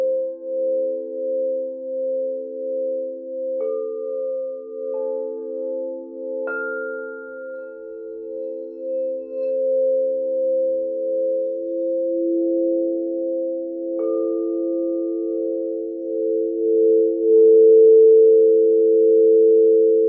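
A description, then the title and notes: Crystal singing bowls sustain low, steady, gently pulsing tones throughout, with several brief higher pings struck around 4, 6.5 and 14 seconds. Sound Bath for Visualisation with the Alchemy Crystal Singing Bowls.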